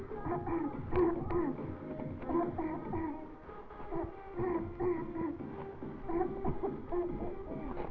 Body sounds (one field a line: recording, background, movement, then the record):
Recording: throat clearing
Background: music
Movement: sitting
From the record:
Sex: female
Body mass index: 18.8 kg/m2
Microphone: on the chest, facing the body